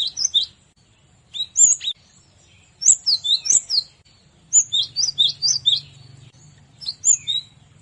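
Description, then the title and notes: Cinereous tit song: several groups of bright, high paired whistled notes, each phrase a quick run of chips, separated by short pauses, with a faint low hum in places. Masteran tutoring recording used to train caged birds to sing. "Masteran Gelatik Batu 1. burung gelatik"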